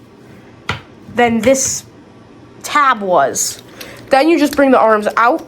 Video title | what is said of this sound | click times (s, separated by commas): My Favorite Constructicon-#transformers SS86 Scrapper | And then we're going to take this latch and this latch will latch here, which is a lot more secure | 0.7 s